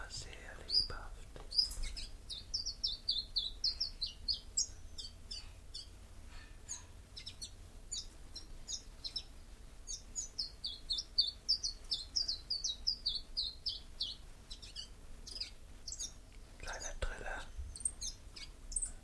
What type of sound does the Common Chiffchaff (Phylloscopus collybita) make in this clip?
song